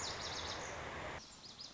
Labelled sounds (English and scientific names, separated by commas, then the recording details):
Lazuli Bunting (Passerina amoena)
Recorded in Sonoma County, California